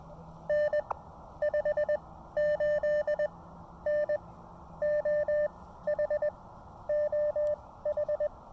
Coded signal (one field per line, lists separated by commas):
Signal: Morse code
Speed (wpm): 20 wpm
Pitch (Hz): 600 Hz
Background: none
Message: N 58N OH OH